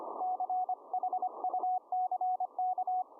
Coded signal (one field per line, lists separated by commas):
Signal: Morse code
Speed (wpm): 26 wpm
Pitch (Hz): 740 Hz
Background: none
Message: CHUCK